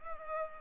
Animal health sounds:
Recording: mosquito wingbeat signal from an infrared sensor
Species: Culex pipiens

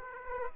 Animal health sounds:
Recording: mosquito wingbeat signal from an infrared sensor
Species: Aedes aegypti

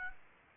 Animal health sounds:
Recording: mosquito wingbeat signal from an infrared sensor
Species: Aedes aegypti

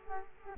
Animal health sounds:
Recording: mosquito wingbeat signal from an infrared sensor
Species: Culex quinquefasciatus

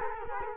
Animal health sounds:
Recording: mosquito wingbeat signal from an infrared sensor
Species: Culex quinquefasciatus

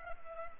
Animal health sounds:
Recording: mosquito wingbeat signal from an infrared sensor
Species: Culex pipiens

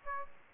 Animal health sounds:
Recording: mosquito wingbeat signal from an infrared sensor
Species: Aedes aegypti

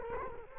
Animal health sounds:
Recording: mosquito wingbeat signal from an infrared sensor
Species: Culex quinquefasciatus

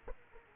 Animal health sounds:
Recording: mosquito wingbeat signal from an infrared sensor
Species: Aedes aegypti

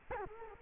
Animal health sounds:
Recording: mosquito wingbeat signal from an infrared sensor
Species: Culex quinquefasciatus

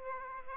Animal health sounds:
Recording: mosquito wingbeat signal from an infrared sensor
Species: Aedes aegypti

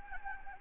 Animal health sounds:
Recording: mosquito wingbeat signal from an infrared sensor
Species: Anopheles gambiae

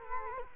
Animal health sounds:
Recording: mosquito wingbeat signal from an infrared sensor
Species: Culex quinquefasciatus

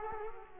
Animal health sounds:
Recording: mosquito wingbeat signal from an infrared sensor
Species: Culex quinquefasciatus

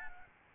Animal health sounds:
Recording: mosquito wingbeat signal from an infrared sensor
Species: Aedes albopictus

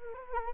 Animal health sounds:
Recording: mosquito wingbeat signal from an infrared sensor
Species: Anopheles arabiensis

